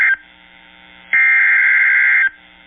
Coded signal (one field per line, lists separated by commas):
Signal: Emergency Alert System (SAME) tones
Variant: header bursts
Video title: 2 Severe Thunderstorm warnings EAS 104-105